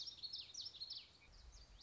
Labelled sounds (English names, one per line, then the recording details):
Common Yellowthroat
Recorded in Sonoma County, California